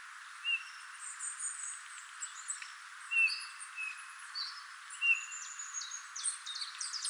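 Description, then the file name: Eurasian bullfinch calls: three soft, short piping whistles, spaced a few seconds apart, over a busy chorus of thin, high chirps from other birds. "Pyrrhula pyrrhula"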